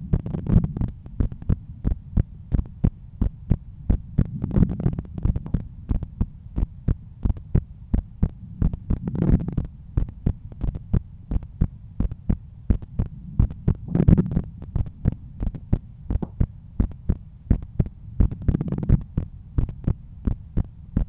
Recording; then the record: heart sounds by stethoscope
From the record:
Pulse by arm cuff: 85 bpm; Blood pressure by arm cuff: 123/76 mmHg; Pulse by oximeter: 90 bpm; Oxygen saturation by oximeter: 95%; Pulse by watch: 87 bpm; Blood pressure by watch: 126/82 mmHg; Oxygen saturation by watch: 94%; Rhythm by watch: sinus rhythm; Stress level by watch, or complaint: low stress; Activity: after lunch and office activities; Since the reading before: plus 1000 steps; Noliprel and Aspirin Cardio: after pills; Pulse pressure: 47 mmHg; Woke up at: 7:50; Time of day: 16:17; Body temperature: 36.5 C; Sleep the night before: 7 h 52 min, score 75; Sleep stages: REM 24%, light 55%, deep 12%, awake 9%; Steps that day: 9500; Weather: sunny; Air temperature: 23.6 C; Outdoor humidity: 51%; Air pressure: 1013 hPa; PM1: 4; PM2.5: 7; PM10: 10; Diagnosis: hypertension, treated with Noliprel and Aspirin Cardio 100 mg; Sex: male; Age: 53 years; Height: 174 cm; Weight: 81 kg